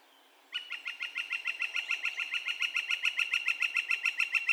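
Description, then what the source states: Northern flicker call: after a half-second of quiet, a fast series of loud, identical 'wick' notes starts abruptly and rolls on at a steady rhythm, growing slightly stronger. Calls, recorded on 2 May 2020.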